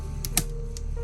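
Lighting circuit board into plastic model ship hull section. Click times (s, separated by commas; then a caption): 0.2 s, 0.4 s. A small lighting circuit board is pressed into its mount in the bottom of a plastic section of a 1:200 scale R.M.S. Titanic model ship hull, giving short sharp clicks at 0.2 s and 0.4 s over a steady low hum, with a fainter tick at 0.8 s. The board seats and clicks into place, staying in position without needing glue.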